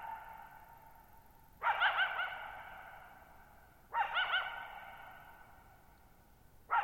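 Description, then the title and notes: Coyote yip-barks about every two seconds, each a quick quavering cluster of yips followed by a long echoing decay. One coyote at night, July 14, 2019, near Thirtymile Meadows, Okanogan National Forest, Okanogan High Country, Pacific Northwest, 6400 ft (1950 m), shallow bowl-shaped meadow on a high dry plateau. "Lone Coyote at Thirtymile Meadows. night of July 14, 2019, camped near Thirtymile Meadows in the Okanogan National Forest at 6400 ft (1950 m)"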